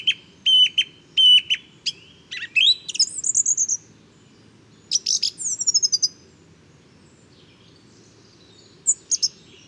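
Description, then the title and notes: Song thrush repeating short sharp notes several times, then high trilling phrases, a pause, and a burst of repeated chirps before brief silence and final notes. Male song thrush singing a varied, inventive first spring song at dawn, 12 February 2019, Bois de Château Serein; recorded with Nagra Seven and Telinga Pro7. "Bois de chateau serein. j&#39;enregistre une magnifique Grive musicienne"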